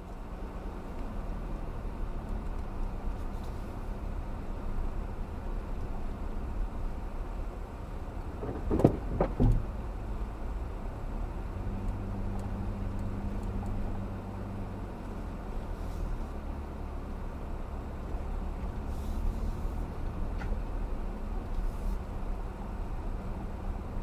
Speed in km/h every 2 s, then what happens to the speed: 16, 16, 18, 15, 15, 13, 15, 18, 19, 18, 19, 23.
0-11 steady at about 15. 11-24 speeds up to 23.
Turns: none.